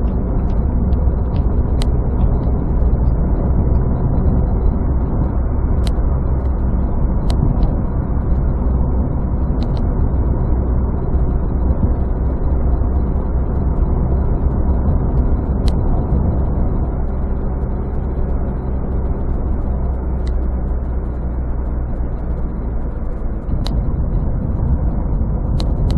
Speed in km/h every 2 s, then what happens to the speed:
63, 66, 68, 67, 66, 66, 67, 67, 69, 68, 65, 65, 65.
0-26 steady at about 66.